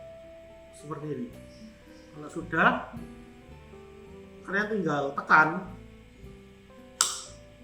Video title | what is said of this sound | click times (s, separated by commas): TJBL - Fiber To The Home - Part 1 | bunyi klik lalu perlahan-lahan di Pare nah Ya udah | 7.0 s